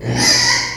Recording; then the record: squeal of a Yucatan mini pig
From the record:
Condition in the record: before surgery on the right vocal fold (resection and tissue-engineered implant); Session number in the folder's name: 2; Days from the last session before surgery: 0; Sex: male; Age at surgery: 12 weeks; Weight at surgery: 13 kg